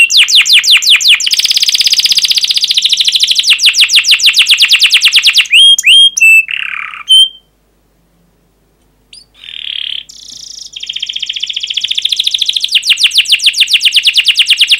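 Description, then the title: Canary song with long runs of rapid high trills, a few whistled slurs, a silent gap of about two seconds, then more fast repeated notes. Fast, dense chirping canary song used as a lure to teach young canaries to sing. "Kenari Gacor Speed RAPAT Cuit Cuit Ngero L Suara Bagus Untuk Pancingan Kenari Paud Belajar Bunyi"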